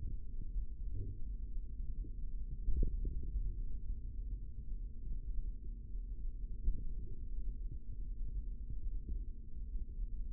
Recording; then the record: forearm muscle sounds (acoustic myography)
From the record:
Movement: finger pinch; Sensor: system 3, bracelet of six PUI Audio POM-2738L microphones around the upper forearm, with dedicated amplification and filtering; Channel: 4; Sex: male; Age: 25 years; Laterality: right